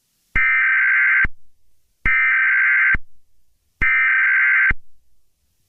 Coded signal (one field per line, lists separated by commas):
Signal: Emergency Alert System (SAME) tones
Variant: header bursts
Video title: Eas Scenario #3: Alien Attack (look in desc.)